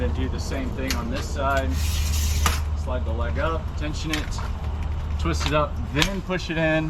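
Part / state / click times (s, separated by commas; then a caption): awning leg end piece into its holder on the awning case / not seated / none. Someone talks while handling the second leg of a Fiamma 45s awning, lifting the leg up, tensioning and twisting it, then pushing its end piece toward its holder on the awning case, with a steady low hum underneath. The clip ends before the part goes home; nothing has seated or clicked yet.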